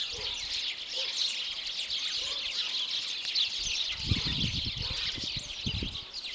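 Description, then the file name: House sparrow calls as a steady wash of busy overlapping chirping, joined by a run of low knocks and rustling in the second half. "Passer domesticus"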